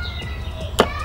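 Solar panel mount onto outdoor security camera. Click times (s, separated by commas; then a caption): 0.8 s. A plastic solar panel mount is pushed onto an Amazon Blink XT2/XT outdoor security camera and snaps into place with a single sharp, broadband click at 0.8 s, heard over a quiet background with faint steady tones. The mount is seated.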